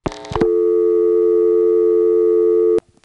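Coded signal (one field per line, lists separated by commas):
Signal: telephone call progress tone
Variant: North America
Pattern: dial tone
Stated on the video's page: Sounds recorded from the Commerce, Georgia area exchanges: Commerce NX1 and Homer and Braselton XY switches.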